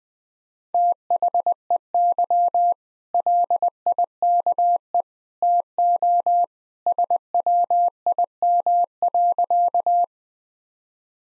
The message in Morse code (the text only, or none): THEY LIKE TO SWIM.